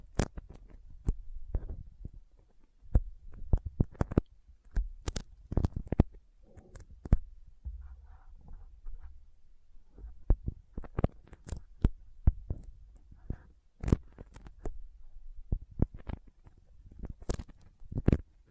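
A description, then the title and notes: Sticky finger sounds: sharp, close clicks and peeling snaps as skin pulls off a tacky surface, coming in irregular bursts throughout. Some are quick clusters, others single pops, with brief quiet gaps between and a soft low rumble underneath in a small, quiet room. ASMR Intense Sticky Finger Sounds (No Talking).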